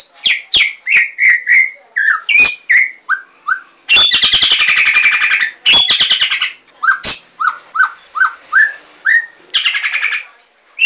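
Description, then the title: White-rumped shama song: quick series of clear whistled phrases mixed with rapid, grating rattles and crisp clicking notes, delivered in lively bursts with short pauses. "murai batu"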